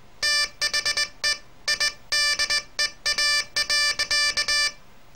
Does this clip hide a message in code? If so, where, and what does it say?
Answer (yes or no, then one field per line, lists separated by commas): yes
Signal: Morse code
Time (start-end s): 0.2-4.7 s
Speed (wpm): 18 wpm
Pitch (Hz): 1750 Hz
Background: none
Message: THE IDEA.